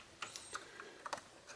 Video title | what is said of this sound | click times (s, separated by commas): Try This If Your BMW With N54 Motor Is Having a MISFIRE! | and this goes click okay let's | 1.1 s